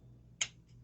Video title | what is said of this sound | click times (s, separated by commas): Checking out MMC PS-22 Ventus! | Heard that nice click here. | 0.4 s